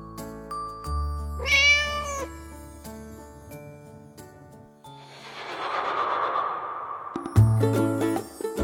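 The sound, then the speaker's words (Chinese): A cat, Xiaohei, lets out a loud, wavering yowl from apartment 1002, then a long, breathy, hissing growl rises and fades, with no one speaking. “在走廊另一头都能听见1002室传出来的凄厉的猫叫，不是虐猫，是猫在骂街。”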